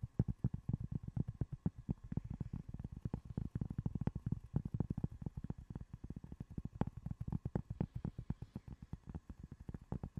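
Rapid tapping and scratching continue throughout, with dense, irregular clicks sounding several times per second. The hits are mostly low and thumpy, with some sharper crisp edges, and the pace and loudness stay fairly even across the whole stretch.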